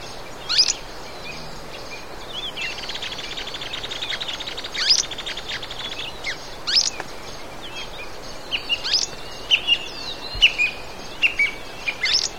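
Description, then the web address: Tufted tit-tyrant song: thin, high, sharp notes and quick twittering trills repeated throughout. "cantos cachupiconegro"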